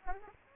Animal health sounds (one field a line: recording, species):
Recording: mosquito wingbeat signal from an infrared sensor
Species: Aedes aegypti